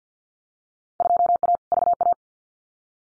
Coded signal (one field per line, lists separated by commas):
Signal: Morse code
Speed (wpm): 50 wpm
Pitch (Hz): 700 Hz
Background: none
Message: 2A VA